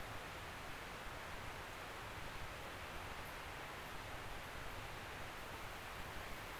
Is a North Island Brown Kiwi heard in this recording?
no